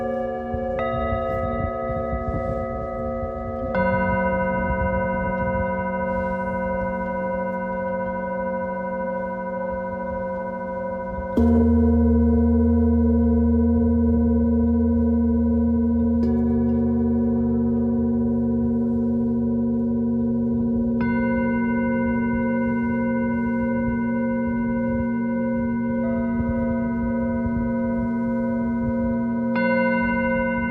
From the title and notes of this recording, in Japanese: メキシコから シンギングボウルのサウンドヒーリング ライブ。